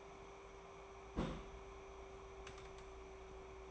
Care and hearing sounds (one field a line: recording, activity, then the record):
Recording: daily activity, microphone in the room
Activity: place on stove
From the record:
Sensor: 1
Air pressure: 1010.3 hPa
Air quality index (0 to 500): 171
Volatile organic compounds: 12 ppm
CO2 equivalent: 2355 ppm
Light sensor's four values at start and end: 66/165/70/88 and 64/160/68/86